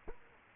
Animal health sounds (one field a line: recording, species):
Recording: mosquito wingbeat signal from an infrared sensor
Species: Culex quinquefasciatus